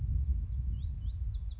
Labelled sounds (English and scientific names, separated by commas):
Lazuli Bunting (Passerina amoena)